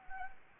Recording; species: mosquito wingbeat signal from an infrared sensor; Anopheles gambiae